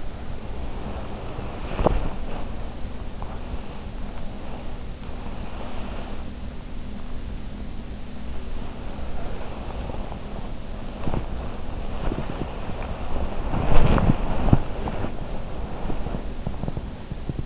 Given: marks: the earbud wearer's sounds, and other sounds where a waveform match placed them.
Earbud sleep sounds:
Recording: sounds in sleep by an in-ear microphone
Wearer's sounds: body movement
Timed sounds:
0.00-17.46 s: body movement

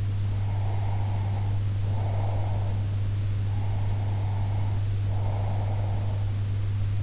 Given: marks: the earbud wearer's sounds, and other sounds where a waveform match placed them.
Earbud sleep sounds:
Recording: sounds in sleep by an in-ear microphone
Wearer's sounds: breath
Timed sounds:
0.27-2.79 s: breath
3.45-6.28 s: breath

